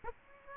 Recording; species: mosquito wingbeat signal from an infrared sensor; Aedes aegypti